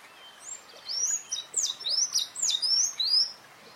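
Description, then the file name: Sayaca tanager song: a quick run of high, squeaky, arched notes, slurred up and down, continuing for about two and a half seconds over a faint hiss. "Canto do sanhacu cinzento"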